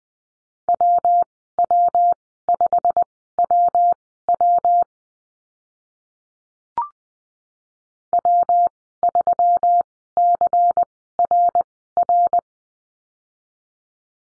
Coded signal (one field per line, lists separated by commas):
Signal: Morse code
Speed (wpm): 20 wpm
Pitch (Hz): 700 Hz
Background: none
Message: WW5WW W3CRR